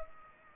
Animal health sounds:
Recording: mosquito wingbeat signal from an infrared sensor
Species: Culex pipiens

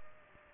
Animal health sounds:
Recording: mosquito wingbeat signal from an infrared sensor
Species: Aedes aegypti

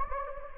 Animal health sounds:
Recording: mosquito wingbeat signal from an infrared sensor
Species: Anopheles gambiae

